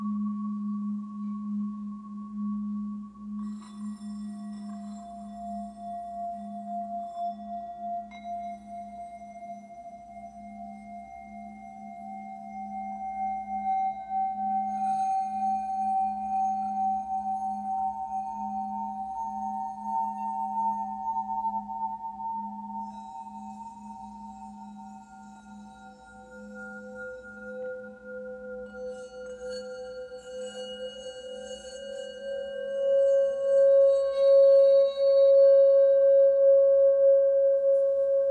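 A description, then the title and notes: Healing bowls ring in long, overlapping tones over a low steady hum, new strikes near 3, 15 and 26 seconds, swelling brighter toward the end. HEALING BOWLS FOR LAKE COUNTY.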